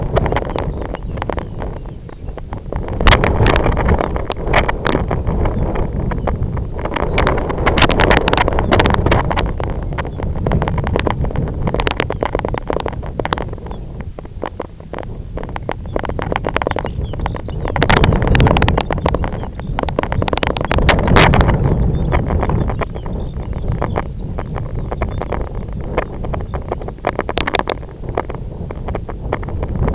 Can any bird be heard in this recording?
yes